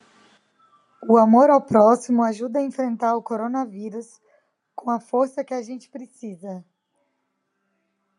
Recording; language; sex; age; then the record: spoken sentence; Brazilian Portuguese; female; 30 to 39 years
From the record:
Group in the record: control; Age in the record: 32 years